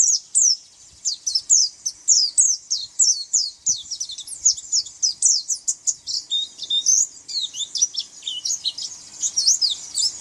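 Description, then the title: White-eye song, rapid high-pitched twittering in dense, continuous bursts of short downslurred notes. "Pleci"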